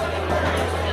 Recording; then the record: background sound without coughing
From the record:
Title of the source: CITY SOUNDS Busy Bar in the Evening Night - 2 HOURS of Ambiance for Relaxation